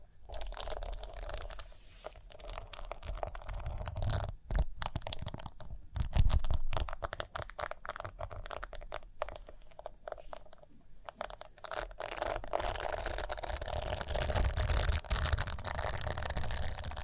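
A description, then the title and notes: Dry scratching and brushing over a hard, glittery surface, with rapid crackly texture and dense clusters of small ticks. The sound is busiest in the first half, with brief pauses around four and eleven seconds, then settles into a steadier, softer rasp with a faint low rumble. ASMR Relaxing Rhinestone Tapping, Scratching, Brushing (No Talking).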